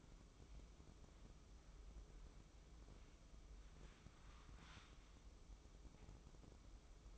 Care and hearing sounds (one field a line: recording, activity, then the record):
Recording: daily activity, microphone in the room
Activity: wipe stove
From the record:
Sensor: 1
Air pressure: 996.1 hPa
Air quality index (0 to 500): 72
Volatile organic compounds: 3 ppm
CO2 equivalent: 1510 ppm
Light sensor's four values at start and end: 28/101/38/39 and 28/101/38/39